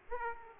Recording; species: mosquito wingbeat signal from an infrared sensor; Aedes aegypti